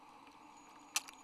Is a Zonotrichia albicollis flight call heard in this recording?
no